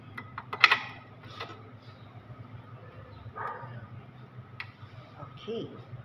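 A speedometer gear is handled at a car transmission housing, about to go in, with a few sharp handling clicks and knocks near the start, the loudest at 0.6 s, and another at 4.6 s. Someone talks. Nothing has seated or clicked into place yet.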